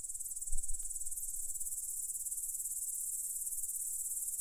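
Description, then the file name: High cricket chorus pulsing steadily, with a brief low thump near the start and faint rumble below. "cvrcci"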